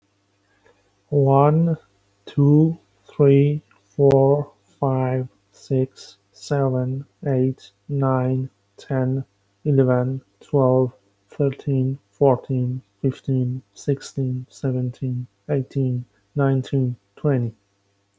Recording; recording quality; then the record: counting at a normal pace; moderate, slight background noise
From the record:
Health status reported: healthy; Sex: male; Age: 35 years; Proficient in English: yes